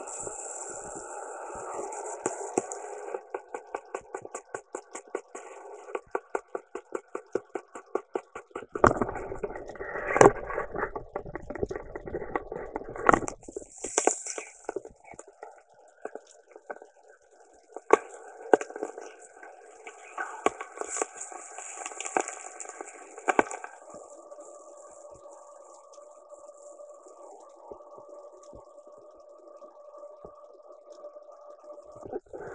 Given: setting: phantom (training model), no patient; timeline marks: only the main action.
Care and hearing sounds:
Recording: laparoscopic instrument, vibration sensor on the handle end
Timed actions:
0.00-7.72 s: coagulation
13.37-31.18 s: coagulation
From the record:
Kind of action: gesture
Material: ex-vivo porcine liver

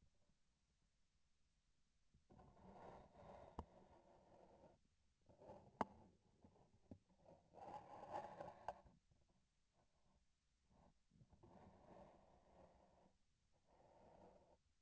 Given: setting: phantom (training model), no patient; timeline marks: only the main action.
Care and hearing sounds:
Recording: laparoscopic instrument, vibration sensor on the handle end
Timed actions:
5.21-7.47 s: palpation
From the record:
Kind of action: gesture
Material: synthetic tissue

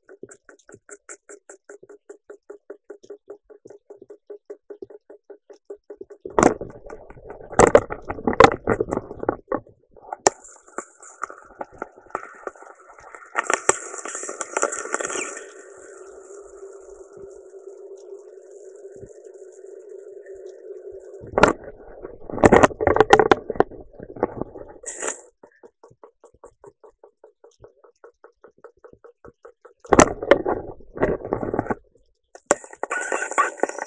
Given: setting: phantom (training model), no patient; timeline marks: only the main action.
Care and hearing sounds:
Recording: laparoscopic instrument, vibration sensor on the handle end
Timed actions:
0.00-5.11 s: coagulation
9.81-19.99 s: coagulation
32.28-33.87 s: coagulation
From the record:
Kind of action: gesture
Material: ex-vivo porcine liver

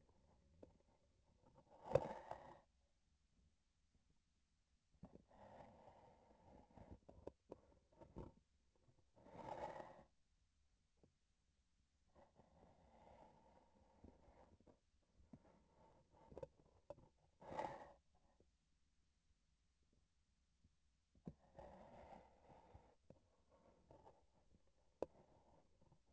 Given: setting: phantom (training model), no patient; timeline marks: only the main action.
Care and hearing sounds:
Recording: laparoscopic instrument, vibration sensor on the handle end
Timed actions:
0.00-1.04 s: palpation
7.46-8.44 s: palpation
14.99-17.14 s: palpation
24.92-25.99 s: palpation
From the record:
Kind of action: gesture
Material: synthetic tissue

